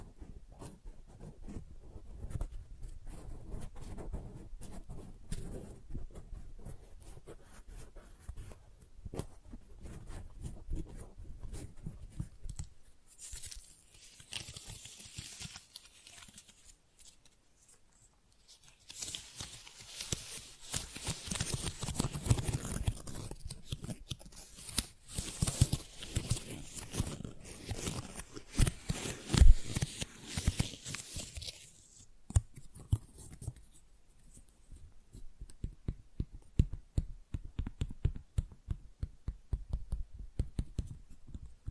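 Flowers are handled in a steady run of soft crinkles, scratches and papery rustles, dense and close-grained with small taps. A near-silent pause around 17–19 seconds gives way to a brighter, crackling stretch until about 32 seconds, then quieter low rustling returns.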